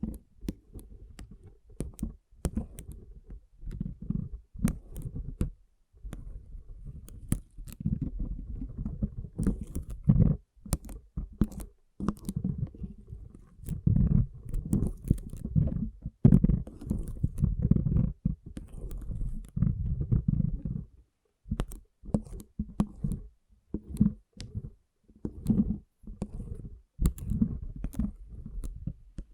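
Water beads shift and squelch in steady handfuls, a low, thick churning broken by short pauses. Sharp little clicks and snaps pop out often over the soft mass, and the squishing grows denser and fuller through the middle before thinning toward the end.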